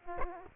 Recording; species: mosquito wingbeat signal from an infrared sensor; Aedes aegypti